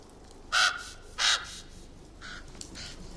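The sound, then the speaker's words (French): A crow gives two loud, harsh, raspy caws in quick succession, followed by a few fainter, shorter calls trailing off, with no talking. “Ne l'écoute pas, les corbeaux sont tous des menteurs.”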